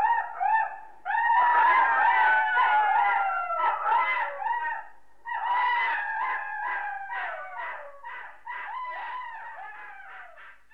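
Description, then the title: Dogs howling together in overlapping, sliding cries, with a short break midway. "NHK Sound Effects Collection - 3-Frogs, Crickets, Cicadas, Horses, Dogs"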